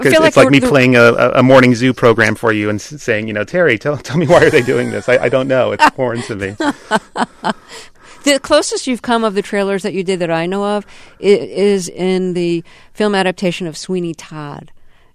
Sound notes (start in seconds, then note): 4.1 laughter; 6.8 laughter